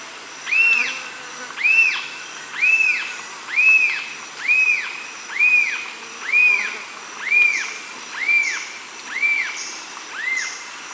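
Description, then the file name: Paradise jacamar calls: clear arched whistled notes that rise and fall, given about once a second, over a constant thin high hum. "Golosa ptic - Rajskaya yakamara Galbula dea"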